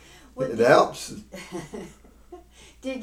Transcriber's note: they laugh